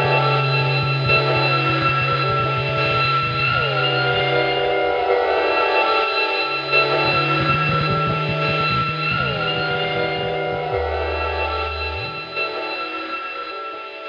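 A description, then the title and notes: A dense analog noisescape of sustained, ringing tones layered over a steady hiss, holding an even loudness throughout. Low droning bands shift and stutter in pitch, dropping to a deeper tone near the end, while gliding swoops recur around four and nine seconds. Analog Noisescape.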